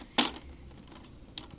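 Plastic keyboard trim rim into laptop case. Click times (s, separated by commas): 0.2 s, 1.4 s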